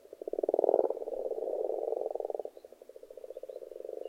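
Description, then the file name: Frogs croaking, a loud pulsed rattle fading into a continuous, slightly softer chorus of rapid pulses. Frogs in a pond. "benboncan frogs-in-a-pond"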